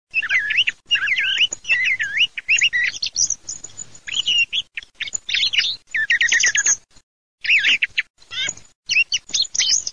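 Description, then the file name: Thrush calls and song phrases, a busy stream of varied whistled and chirping notes with short pauses throughout. "tordo"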